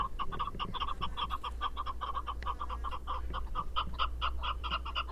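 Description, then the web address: Chukar partridge calling a fast, evenly spaced series of clucking chuck notes without pause, with a low background hum. "sound Chukar. صدای-کبک-چوکار"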